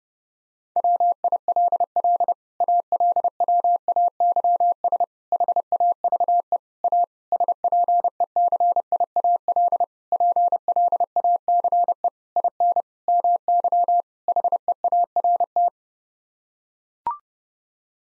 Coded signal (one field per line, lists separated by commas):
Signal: Morse code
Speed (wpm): 30 wpm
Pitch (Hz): 700 Hz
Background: none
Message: WILL ALWAYS HAVE A SPECIAL PLACE IN MY HEART